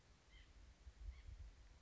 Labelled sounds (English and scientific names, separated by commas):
White-breasted Nuthatch (Sitta carolinensis)